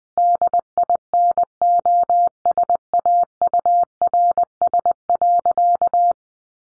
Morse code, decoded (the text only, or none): DINOSAURS.